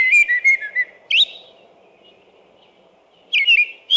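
American robin song: clear whistled caroling phrases, a long pause, then another short phrase near the end.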